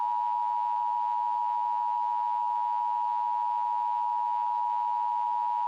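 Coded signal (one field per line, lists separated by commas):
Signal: Emergency Alert System (SAME) tones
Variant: 853 and 960 Hz attention tone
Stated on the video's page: Fictional EAS scenario, not a real alert, about strange cats breaching a lab.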